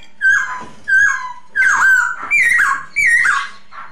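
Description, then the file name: Masked laughingthrush: five loud, slurred, downward whistled calls spaced about every two-thirds of a second. Lure song used for Masked laughingthrush, named poksay hongkong. "suara pancingan poksay hongkong"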